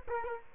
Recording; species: mosquito wingbeat signal from an infrared sensor; Culex quinquefasciatus